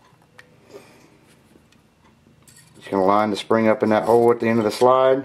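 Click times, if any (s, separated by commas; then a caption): none. A finger holds the trigger guard down on a Walther PPK pistol while the recoil spring is lined up with the hole at the front of the steel slide, ready to fit the slide onto the frame. Only faint handling ticks are heard, including a sharp one near 0.4 s, and someone talks from about 2.9 s. The slide has not been pushed home, and nothing has seated or clicked yet.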